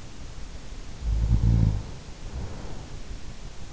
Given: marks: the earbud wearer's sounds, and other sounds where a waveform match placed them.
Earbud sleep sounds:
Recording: sounds in sleep by an in-ear microphone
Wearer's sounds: snoring breath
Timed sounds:
0.90-3.02 s: snoring breath

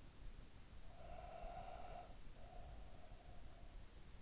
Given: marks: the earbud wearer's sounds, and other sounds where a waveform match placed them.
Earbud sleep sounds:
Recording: sounds in sleep by an in-ear microphone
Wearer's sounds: breath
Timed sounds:
0.49-4.01 s: breath

